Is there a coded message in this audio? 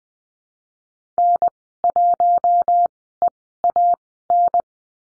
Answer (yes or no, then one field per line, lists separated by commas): yes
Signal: Morse code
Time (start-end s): 1.2-4.6 s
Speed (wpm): 20 wpm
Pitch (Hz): 700 Hz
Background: none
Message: N 1 E A N